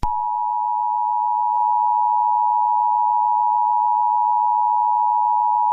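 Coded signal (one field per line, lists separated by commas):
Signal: Emergency Alert System (SAME) tones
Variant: 853 and 960 Hz attention tone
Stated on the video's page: Simulated EAS scenario based on the game Garten of BanBan Chapter 1.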